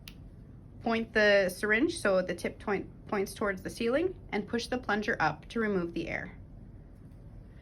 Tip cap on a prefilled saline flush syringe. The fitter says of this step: Tap the saline syringe firmly against your hand to move any air bubbles to the top, and then loosen the cap, just till you hear a click.